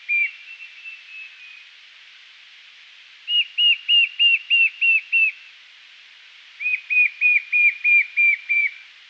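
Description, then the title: White-shouldered fire-eye song: a faint thin series, then two bursts of seven or eight short, clear whistled notes at a steady, quick pace, separated by pauses. "LuckyPassaro Completos2Sama. White-shouldered Fire-eye (Pyriglena leucoptera)"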